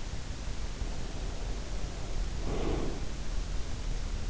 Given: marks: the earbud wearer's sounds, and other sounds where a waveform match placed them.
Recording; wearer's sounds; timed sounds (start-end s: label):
sounds in sleep by an in-ear microphone; breath
0.88-3.21 s: breath